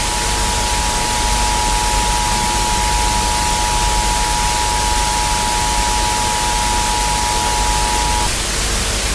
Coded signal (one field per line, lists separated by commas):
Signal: Emergency Alert System (SAME) tones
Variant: 853 and 960 Hz attention tone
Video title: Zombie outbreak (EAS scenario)